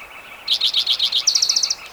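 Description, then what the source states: Spotted Towhee singing a row of six sharp, high notes that run straight into a rapid, dry trill of about eight pulses. Individual number one, recorded June 22, 2010, in Rhodes Canyon, Utah County, Utah.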